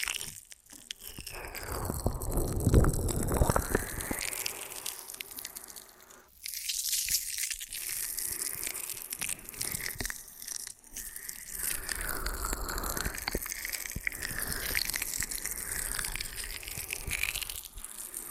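Ear and scalp massage and cleaning, heard as continuous rubbing and scratching with a gushing, crinkly texture. A loud, low rumbling swell builds around two to three seconds, a brief pause follows near six seconds, then steady sweeping friction with faint clicks continues to the end.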